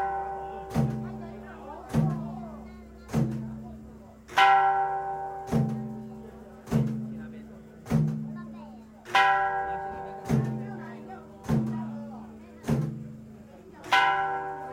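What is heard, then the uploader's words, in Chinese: Live sound from a temple pilgrimage procession returning with incense: struck gong-like metal beats at a steady pace, about one per second. Each hit rings with layered tones that fade before the next, and brighter strikes recur every few beats over a faint low hum. 北安府癸卯年謁祖晉香回鑾–聲音現場。台北市樹德公園–大龍街87巷巷口與巷內。上午。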